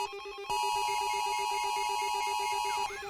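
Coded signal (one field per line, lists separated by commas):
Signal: Emergency Alert System (SAME) tones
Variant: 853 and 960 Hz attention tone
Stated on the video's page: Fictional EAS scenario, analog horror, simulated alert, not real.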